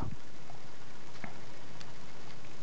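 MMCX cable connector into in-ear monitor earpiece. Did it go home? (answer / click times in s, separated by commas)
yes / 1.2 s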